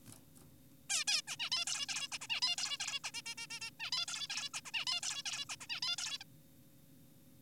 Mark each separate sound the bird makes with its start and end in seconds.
0.90-1.04, 1.08-1.22, 1.28-1.36, 1.40-1.50, 1.52-1.65, 1.67-1.86, 1.89-2.08, 2.12-2.18, 2.21-2.27, 2.30-2.41, 2.42-2.56, 2.58-2.78, 2.80-3.00, 3.04-3.11, 3.14-3.22, 3.26-3.35, 3.38-3.47, 3.50-3.60, 3.61-3.70, 3.80-3.91, 3.92-4.06, 4.08-4.28, 4.30-4.50, 4.54-4.61, 4.66-4.71, 4.74-4.85, 4.87-5.00, 5.03-5.22, 5.26-5.45, 5.50-5.56, 5.61-5.67, 5.70-5.80, 5.82-5.96, 5.98-6.18, 6.21-6.24